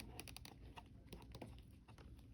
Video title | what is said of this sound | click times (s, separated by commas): Indwelling Foley Catheter placement-check off video | i also want to make sure that i hear a click | 0.4 s